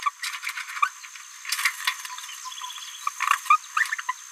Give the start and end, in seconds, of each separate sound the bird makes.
0.01-0.10, 0.23-0.37, 0.45-0.51, 0.57-0.62, 0.82-0.89, 3.50-3.58, 3.76-3.96, 3.98-4.01, 4.08-4.13